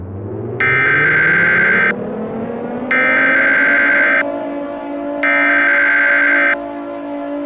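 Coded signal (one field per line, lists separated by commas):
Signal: Emergency Alert System (SAME) tones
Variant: header bursts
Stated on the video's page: Mock EAS alert, a simulated scenario, not a real activation.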